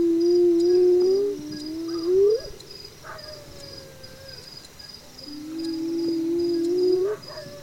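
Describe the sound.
Hyena giving several long, low, smooth calls, some sliding upward at the end, with rhythmic insect chirps pulsing in the background.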